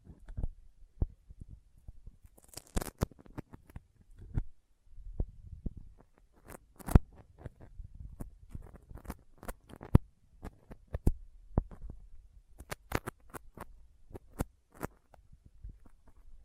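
Sticky finger sounds: a busy run of short, sharp clicks and tacky pops, irregular and dense throughout. Low soft rustling fills the gaps, and a few louder snaps stand out around the third, seventh and tenth seconds.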